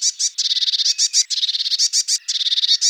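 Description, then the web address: Eurasian blue tit calling: rapid bursts of harsh, buzzy chattering notes, high and scratchy, coming in quick runs with short breaks between them. "Parus caeruleus"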